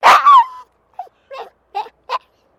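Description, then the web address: Maltese dog giving a loud, high yelping bark with a wavering whine, followed by four short, clipped yelps. Small dog in a distressed state, barking. "Sound Effects-Foundation 2 DOG MALTESE TERRIER DISTRESSED BARKING"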